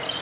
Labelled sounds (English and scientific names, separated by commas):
Cape May Warbler (Setophaga tigrina) flight call